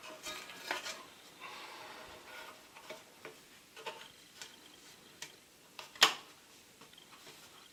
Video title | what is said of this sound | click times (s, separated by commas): The POINTSMAN hawk unpacking and unboxing plastering hawks | now actually clicks into place as well you know to be snug so it's | 6.0 s